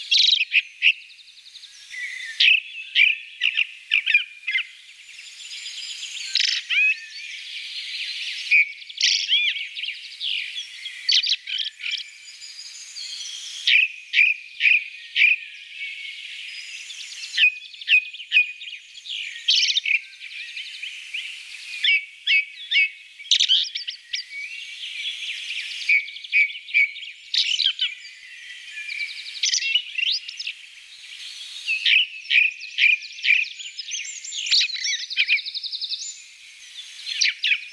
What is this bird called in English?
Ring Ouzel